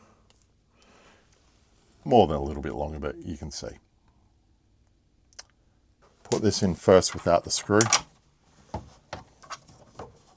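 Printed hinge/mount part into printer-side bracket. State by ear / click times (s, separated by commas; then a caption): not seated / none. Someone talks while a 3D-printed ABS part for the AMS flipper mod on an X1C/P1S printer is handled and pushed, without a screw, toward its mounting bracket. Small handling taps and plastic clicks are heard around 5.4 s and between 8.8 and 10.0 s. The part has not seated or clicked into the bracket yet.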